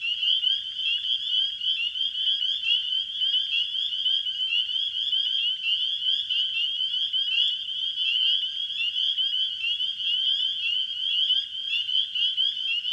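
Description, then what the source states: Spring peepers in full chorus, bright piping notes tumbling over one another continuously for the whole stretch. Spring peepers calling in a wetland in spring.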